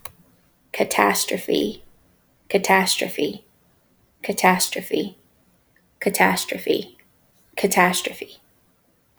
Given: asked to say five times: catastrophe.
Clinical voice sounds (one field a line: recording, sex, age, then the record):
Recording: repeated word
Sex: female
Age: 30 to 39 years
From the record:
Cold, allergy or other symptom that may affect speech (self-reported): no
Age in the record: 30 years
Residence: South Carolina, United States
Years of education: 16